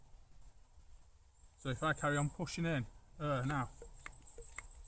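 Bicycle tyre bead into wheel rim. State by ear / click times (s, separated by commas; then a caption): seated / 4.6 s. A bicycle tyre is pushed and moved while being inflated, with a steady high-pitched hiss in the background as someone talks. A short sharp pop at 4.6 s is the rubber tyre bead seating onto the metal wheel rim's bead seat.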